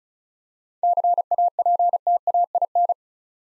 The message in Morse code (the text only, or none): CAPTAIN